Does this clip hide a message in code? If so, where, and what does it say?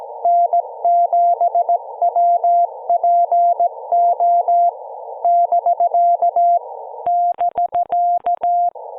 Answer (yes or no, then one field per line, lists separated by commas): yes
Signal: Morse code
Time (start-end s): 0.2-8.7 s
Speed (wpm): 17 wpm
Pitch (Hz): 690 Hz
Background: none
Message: N7WPO <BK> <BK>